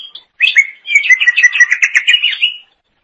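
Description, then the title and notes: Leafbird song, one rapid twittering phrase of quick whistled notes with higher sparkling accents, lasting about two seconds before silence. Cucak ijo song. "Suara Kicauan Burung Cucak Ijo"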